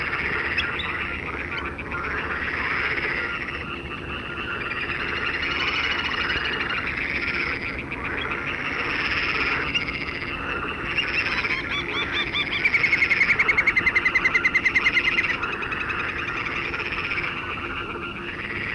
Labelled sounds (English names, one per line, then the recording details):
Little Grebe call
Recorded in the wild
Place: Wieseck, DE
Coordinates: 50.6328, 8.72694
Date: 1965-06-21
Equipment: Uher Report 4000, AKG D190
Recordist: Krey, Winfried